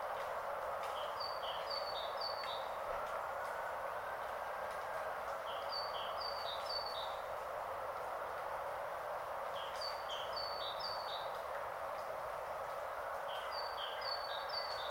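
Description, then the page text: Great tit song: four bursts of repeated two-note phrases, a high note alternating with a lower one, over a steady wash of rain noise. Heard outside a window on a grey, rainy Saturday, 8 January 2022; described as a herald of spring. "Fiona Dunn's Podcast. Great Tit in the Rain on 8 Jan 2022"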